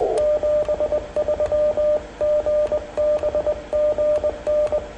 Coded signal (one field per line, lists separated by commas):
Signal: Morse code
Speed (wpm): 22 wpm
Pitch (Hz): 590 Hz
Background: radio noise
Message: 73 GB GN